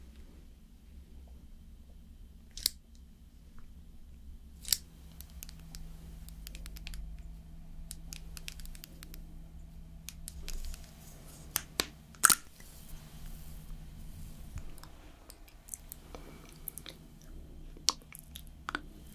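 Slow makeup application with soft tapping, light clicks and brushing, sharp clicks near 3, 5 and 12 seconds over a steady low hum.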